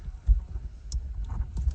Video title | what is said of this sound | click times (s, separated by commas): Wiring Glowplugs on 6.0L Powerstroke with WDI standalone harness. #bullnose60 #diesel #glowplugs | So, that clicked into place. | 0.9 s